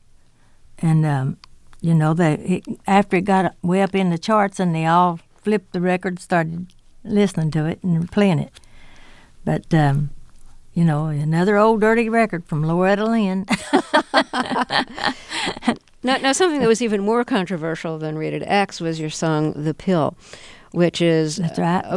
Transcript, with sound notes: And, you know, after it got way up in the charts and they all flipped the record, started listening to it and playing it - but, you know, another old dirty record from Loretta Lynn.
(LAUGHTER)
Now, something that was even more controversial than "Rated X" was your song "The Pill," which is about...